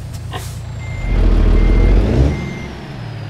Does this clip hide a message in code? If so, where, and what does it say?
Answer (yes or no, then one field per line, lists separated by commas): no